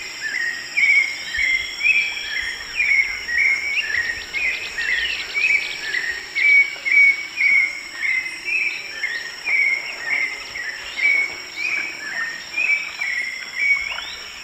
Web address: Natures Songs S America Eastern Lowlands. Turdus hauxwelli, song